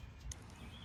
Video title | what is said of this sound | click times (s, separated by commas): lincoln mkz wiper blade replacement most inexpensive 2007 2008 2009 | arm and simply slide it in until it clicks. | 0.3 s